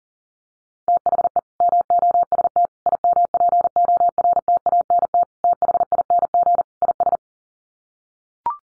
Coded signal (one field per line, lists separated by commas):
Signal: Morse code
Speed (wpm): 40 wpm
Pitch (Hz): 700 Hz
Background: none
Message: THE MOST IMPORTANT THING IS